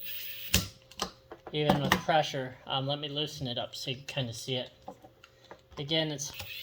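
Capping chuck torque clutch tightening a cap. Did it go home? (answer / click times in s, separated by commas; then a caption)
yes / 0.5 s. A capping chuck's torque clutch, fitted with the other chuck or liner, tightens a cap and clicks off right away, even under pressure, with a sharp click at 0.5 s. Someone talks throughout, and several fainter clicks and taps follow. The click means the clutch has reached its torque setting.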